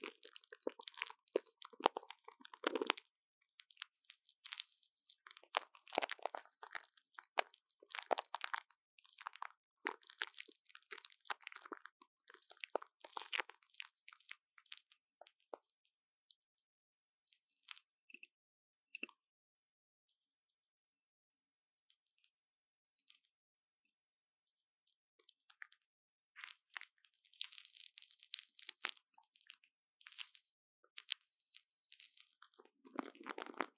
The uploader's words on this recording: Brain Tingling Mic Brushing | Plastic Wrap | NoTalking.